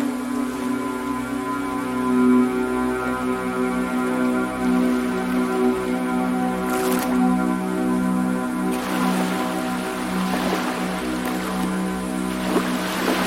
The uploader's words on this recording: Oceanic Ambience: Soothing Ambient Music Accompanied by the Sound of Ocean Waves.